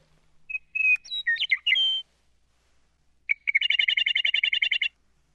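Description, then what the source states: Western Meadowlark song: a phrase of clear, flute-like whistled notes, then after a pause a fast, buzzy, rattling chatter of many rapid pulses. Played back from a bird song book; likened to blowing reveille.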